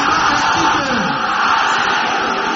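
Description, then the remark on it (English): An audience shouts loudly all at once in prayer, a dense, steady roar of many voices with no single words standing out, holding at full volume throughout. “Can I hear you shouting, Israel?”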